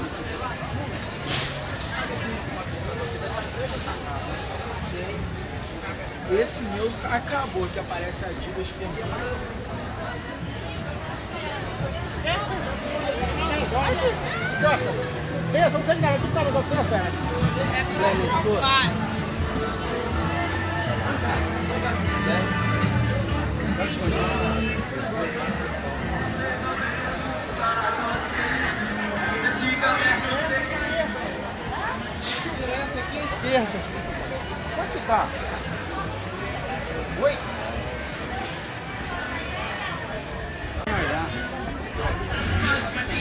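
Central Belo Horizonte street sound: a steady crowd murmur with overlapping voices, low traffic rumble, and scattered sharp clicks and knocks throughout.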